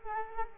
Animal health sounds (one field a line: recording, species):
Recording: mosquito wingbeat signal from an infrared sensor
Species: Culex quinquefasciatus